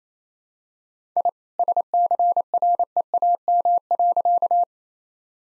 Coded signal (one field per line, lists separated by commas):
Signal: Morse code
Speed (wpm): 28 wpm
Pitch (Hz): 700 Hz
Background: none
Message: I SCREAM.